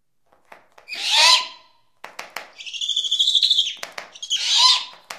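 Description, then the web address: Great horned owl giving harsh, hissing screeches, a rough burst, a longer raspy wavering screech, then another burst, with brief clicks between. "Songs of Birds of North America Stokes. Great Horned Owl"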